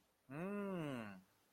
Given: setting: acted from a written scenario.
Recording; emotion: vocal sound without words; realization